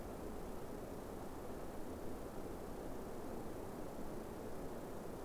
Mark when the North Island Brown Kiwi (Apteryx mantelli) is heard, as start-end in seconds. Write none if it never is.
none